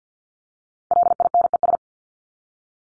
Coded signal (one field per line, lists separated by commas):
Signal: Morse code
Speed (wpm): 50 wpm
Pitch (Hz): 700 Hz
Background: none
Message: LINES